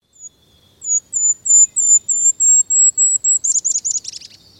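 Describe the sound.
Golden-crowned Kinglet song: a run of about ten very high, thin, even notes, ending in a quick tumbling chatter.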